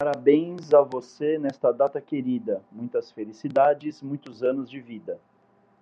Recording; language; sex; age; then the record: short text; Brazilian Portuguese; male; 40 to 49 years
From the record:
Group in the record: control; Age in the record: 44 years